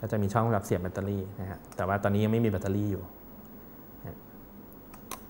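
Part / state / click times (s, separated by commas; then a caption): battery compartment door into camera body / seated / 5.1 s. Someone talks for about the first three seconds, then the empty battery compartment door on the underside of a Canon EOS 600D camera body is pressed down until it latches. A few faint handling ticks at 4.1, 4.7 and 4.9 s lead up to a sharp snap at 5.1 s as the door shuts and seats.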